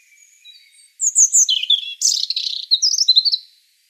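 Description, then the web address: European robin singing: thin drawn-out whistles lead into a quick jumble of high sweet notes, trills and tumbling twitters. "SETE data Erithacus rubecula"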